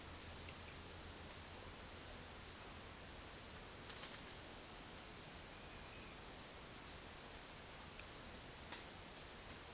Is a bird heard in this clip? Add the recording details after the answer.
yes. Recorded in secondary vegetation near Puerto Asís, Putumayo, Colombia, on 25 June 2025 at 12:30. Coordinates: 0.499, -76.323. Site G077